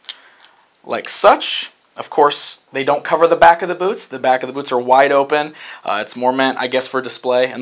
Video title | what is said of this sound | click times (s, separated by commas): Masters of the Universe Classics SDCC Exclusive Vykron Figure Review | you just pop those on | 0.1 s, 0.5 s